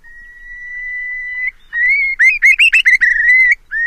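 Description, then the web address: Long-billed curlew call: a long, nearly level whistle, then a quick run of loud, clipped whistled notes, and a final short rising whistle. Western species of North America. "Know Your Bird Sounds Common Western Species 56-Long-billed Curlew"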